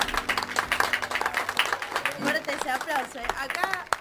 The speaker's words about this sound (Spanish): Acá no hay que poner efecto de sonido, los aplausos son de acá posta, ¿eh? Son reales, son reales. Son reales.